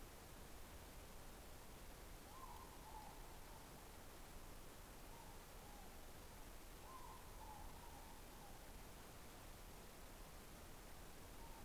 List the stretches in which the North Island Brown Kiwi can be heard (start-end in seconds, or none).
none